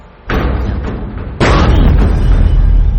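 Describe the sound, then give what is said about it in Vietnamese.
Two heavy kicks slam against the back door of a house at midnight, the first solid and the second much harder and louder, each leaving a deep booming rumble that lingers afterward. “Tiếng đạp ban đầu nhẹ nhẹ rồi mạnh dần,”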